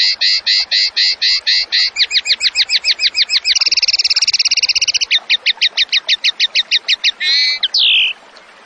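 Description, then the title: Zebra finch delivering loud, fast trilled phrases, shifting between rattling, buzzy and ringing note series, closing with two longer tonal notes. Bird singing actively ('gacor'); training recording for songbirds. "Masteran Burung Tembakan Gacor"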